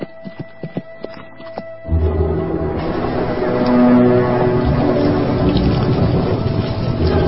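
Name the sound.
galloping horse hooves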